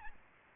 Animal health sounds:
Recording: mosquito wingbeat signal from an infrared sensor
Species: Aedes albopictus

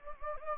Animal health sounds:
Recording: mosquito wingbeat signal from an infrared sensor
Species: Anopheles gambiae

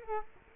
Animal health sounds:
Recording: mosquito wingbeat signal from an infrared sensor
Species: Culex quinquefasciatus

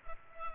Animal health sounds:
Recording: mosquito wingbeat signal from an infrared sensor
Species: Culex pipiens

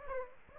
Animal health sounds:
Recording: mosquito wingbeat signal from an infrared sensor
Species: Aedes aegypti

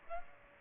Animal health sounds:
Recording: mosquito wingbeat signal from an infrared sensor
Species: Aedes aegypti

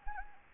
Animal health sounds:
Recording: mosquito wingbeat signal from an infrared sensor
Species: Anopheles arabiensis

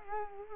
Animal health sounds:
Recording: mosquito wingbeat signal from an infrared sensor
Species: Culex quinquefasciatus

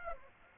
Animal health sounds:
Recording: mosquito wingbeat signal from an infrared sensor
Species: Aedes aegypti

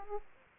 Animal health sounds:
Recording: mosquito wingbeat signal from an infrared sensor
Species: Aedes aegypti

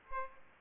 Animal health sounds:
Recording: mosquito wingbeat signal from an infrared sensor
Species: Aedes aegypti

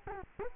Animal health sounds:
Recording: mosquito wingbeat signal from an infrared sensor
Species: Culex quinquefasciatus

